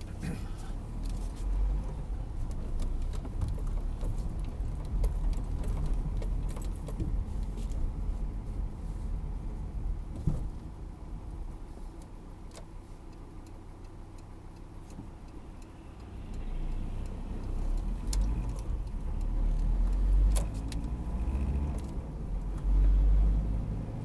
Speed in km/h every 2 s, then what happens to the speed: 0, 0, 12, 13, 14, 10, 4, 0, 7, 12, 22, 28.
0-2 standing. 2-9 pulls away to 14. 9-14 slows to 0. 14-24 pulls away to 28.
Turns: none.